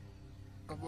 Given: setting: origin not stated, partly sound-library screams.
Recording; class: one-second piece from a danger detection set; normal situation